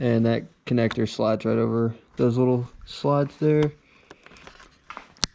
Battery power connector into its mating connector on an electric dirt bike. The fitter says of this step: Make sure it clicks in there, and then you can kind of tuck these back in there.